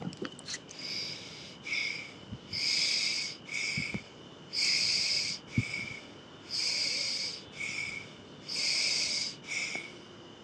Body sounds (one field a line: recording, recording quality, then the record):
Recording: shallow breathing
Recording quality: excellent, no background noise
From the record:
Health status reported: healthy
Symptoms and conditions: none ticked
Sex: male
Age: 41 years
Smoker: not ticked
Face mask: not worn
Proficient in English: yes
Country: India